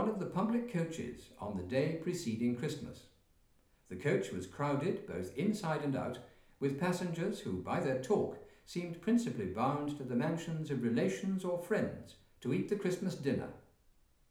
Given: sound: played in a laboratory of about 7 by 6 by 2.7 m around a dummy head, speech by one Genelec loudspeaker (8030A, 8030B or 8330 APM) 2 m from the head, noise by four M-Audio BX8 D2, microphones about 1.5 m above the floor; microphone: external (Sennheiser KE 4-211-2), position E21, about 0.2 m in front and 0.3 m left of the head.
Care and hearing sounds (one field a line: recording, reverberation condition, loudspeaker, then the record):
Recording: male speech in English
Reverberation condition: medium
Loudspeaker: in front (0 degrees)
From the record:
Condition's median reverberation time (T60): about 510 ms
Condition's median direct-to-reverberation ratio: about -0.5 dB